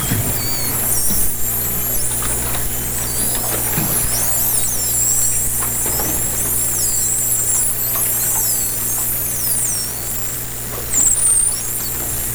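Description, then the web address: Dolphin whistles, several high curling squeals drifting up and down, some overlapping, with occasional clicks over a steady low underwater hum. Captured by hydrophone in 2010. "interspecies dolphin 2010 hydrophone"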